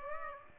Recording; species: mosquito wingbeat signal from an infrared sensor; Aedes aegypti